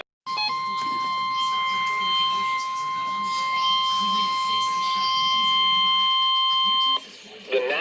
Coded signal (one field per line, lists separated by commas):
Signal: Emergency Alert System (SAME) tones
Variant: 1050 Hz attention tone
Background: speech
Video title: 3 Severe Thunderstorm Warnings on KXI56 | EAS #380-382